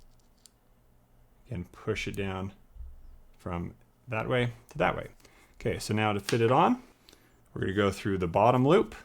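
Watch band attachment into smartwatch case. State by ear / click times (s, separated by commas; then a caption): seated / 0.5 s. A watch band end is pushed into the slot of a Google Pixel Watch case and slid to the left until it locks, with a short, sharp click at 0.5 s as it seats. Someone then talks over the rest of the clip.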